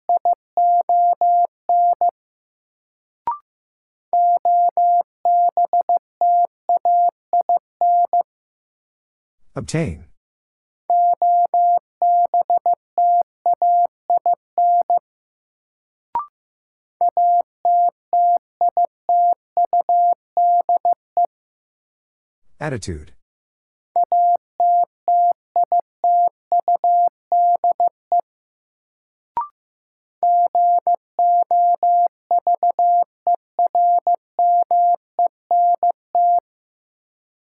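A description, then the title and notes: A word sent in Morse code as a single steady mid-pitched tone, switching on and off in quick dots and dashes across several bursts with short silences between them. Two sharp sweeping noises cut in, near ten and twenty-three seconds, and faint clicks mark some of the gaps. First, the word is sent in Morse code. 15wpm.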